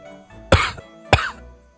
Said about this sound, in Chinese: 直到荀月白被展昭打得快没人样了，轩辕杰才端着茶杯轻轻地咳嗽了一声。